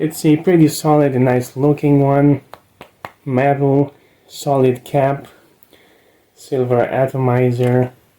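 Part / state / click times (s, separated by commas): metal cap onto perfume bottle / not seated / none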